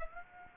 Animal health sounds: mosquito wingbeat signal from an infrared sensor; Aedes aegypti

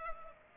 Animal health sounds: mosquito wingbeat signal from an infrared sensor; Culex pipiens

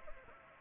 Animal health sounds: mosquito wingbeat signal from an infrared sensor; Anopheles gambiae

